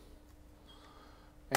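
The top hatch of a remote-control boat is put onto the hull and pressed down. A quiet stretch with a faint steady hum ends in a single sharp click at 1.6 s, and the hatch locks into place.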